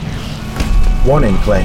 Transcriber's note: loops until another dramatic explosions